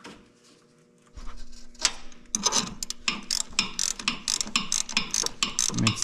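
A ratchet turns the nut on a hose clamp on an intercooler pipe. After about a second of near silence, steady ratcheting starts with repeated sharp clicks. The nut never gets tighter because its threads have stripped, so nothing has seated or clicked tight.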